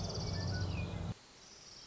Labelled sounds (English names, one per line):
Orange-crowned Warbler